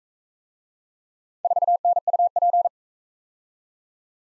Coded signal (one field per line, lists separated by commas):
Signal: Morse code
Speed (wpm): 41 wpm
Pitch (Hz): 700 Hz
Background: none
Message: 4NUP